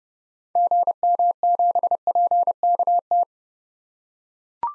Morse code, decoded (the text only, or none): GM7PKT